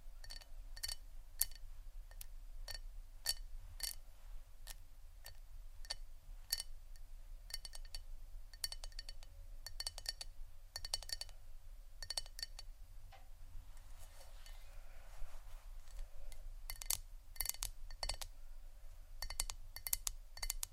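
Sharp taps on hard objects like wood and ceramic, landing in irregular bursts with brief pauses between them, some strikes brighter and clinking like glass. A steady low hum sits underneath throughout, and the taps grow more frequent toward the end.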